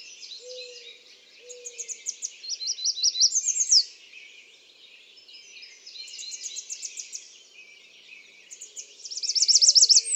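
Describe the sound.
American redstart giving several high, thin song phrases of fast repeated notes, one ending in an emphatic slur, with low whistles in the background.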